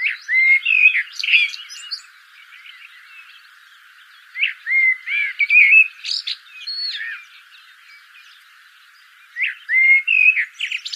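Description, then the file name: Common blackbird singing three separate phrases, each of low mellow whistled notes followed by a brief high squeaky flourish, with quiet spells between. "Turdus merula"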